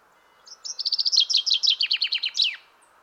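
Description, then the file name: Common chaffinch: cheerful series of short, sharp notes slurring downward, ending in a crisp final flourish about two seconds after it begins. "Fringilla coelebs"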